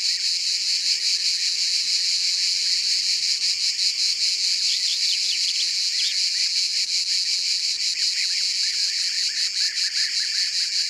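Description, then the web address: Common cicada droning in a harsh, unbroken high buzz with a fine rapid flutter, while faint small chirps flicker in the background. "Cigale-commune abc-de-la-nature"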